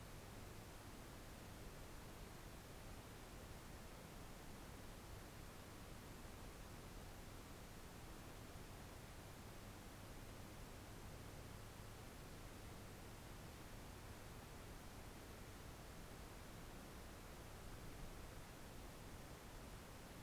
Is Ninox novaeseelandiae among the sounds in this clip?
no